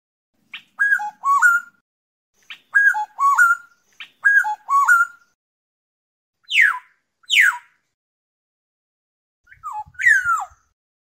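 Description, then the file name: Oriole song: a mellow whistled phrase repeated three times, followed by two sharp falling whistles and a final slurred phrase. "tieng chim vang anh"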